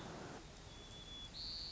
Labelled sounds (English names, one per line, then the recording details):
White-crowned Sparrow
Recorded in Sonoma County, California